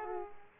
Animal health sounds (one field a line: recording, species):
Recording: mosquito wingbeat signal from an infrared sensor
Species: Aedes aegypti